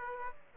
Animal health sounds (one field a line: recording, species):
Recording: mosquito wingbeat signal from an infrared sensor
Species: Aedes aegypti